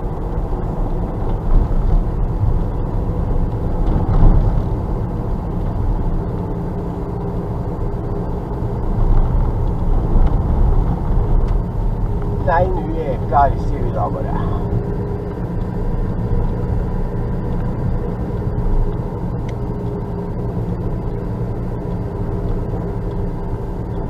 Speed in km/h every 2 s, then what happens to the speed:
41, 44, 45, 45, 45, 46, 46, 46, 47, 46, 46, 45.
0-24 steady at about 45.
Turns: none.